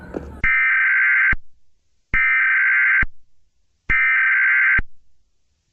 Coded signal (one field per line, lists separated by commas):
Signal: Emergency Alert System (SAME) tones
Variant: header bursts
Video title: EAS scenario dandys world twisted infection